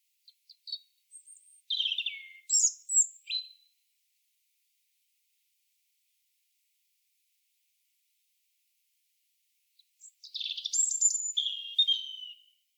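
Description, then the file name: European robin giving two varied, high, sparkling song phrases of thin whistles and quick trills, separated by about six seconds of silence. "Erithacus rubecula"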